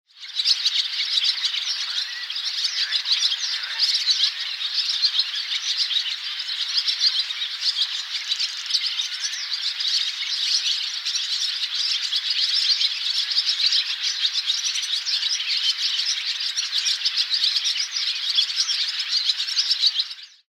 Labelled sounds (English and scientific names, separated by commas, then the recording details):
Barn Swallow (Hirundo rustica)
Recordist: Frommolt, Karl-Heinz
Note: Gesang